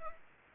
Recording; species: mosquito wingbeat signal from an infrared sensor; Culex pipiens